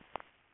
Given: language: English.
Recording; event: throat vibration sensor signal played as sound; swallow